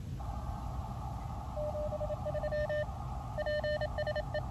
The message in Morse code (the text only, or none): 73 PSE